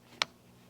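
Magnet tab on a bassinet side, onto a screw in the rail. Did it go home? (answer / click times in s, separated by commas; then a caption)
yes / 0.2 s. A small magnetic tab on the side of a Thule bassinet is popped up, and the magnet inside it snaps onto a metal screw on the inside of the rail. A single short, sharp snap sounds at 0.2 s against an otherwise quiet background. The tab is seated and held in place so it doesn't flop back.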